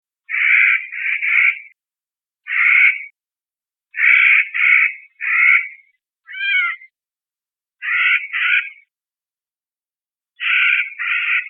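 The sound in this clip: Clark's nutcracker giving harsh, grating calls, single or doubled, repeated every second or two, with one more tonal call midway; otherwise silent background.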